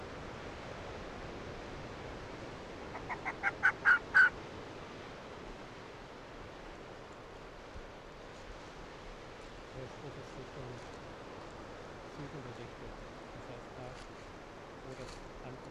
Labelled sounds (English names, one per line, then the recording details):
Arctic Fox
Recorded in the wild
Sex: female
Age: adult
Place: Insel Mednyi, Kommandeur-Inseln, RU
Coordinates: 54.5167, 168.083
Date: 1999-07-18 16:31
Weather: Hochnebel, 12°C, windstill
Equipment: Sony WM-D6C, Sennheiser MKH 70, Windkorb, Kopie Tascam DA 30
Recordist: Frommolt, Karl-Heinz